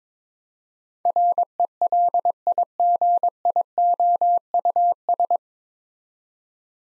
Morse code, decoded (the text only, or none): RELIGIOUS